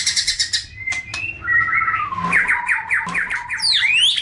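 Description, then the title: Oriental magpie-robin song: varied whistled notes and harsh squawky phrases, then a run of rapid repeated chirps and rising sweeps near the end. "Kicau Kacer"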